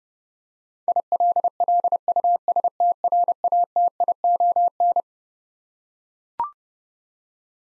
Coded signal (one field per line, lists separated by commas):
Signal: Morse code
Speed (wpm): 30 wpm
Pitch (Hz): 700 Hz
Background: none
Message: ILLUSTRATION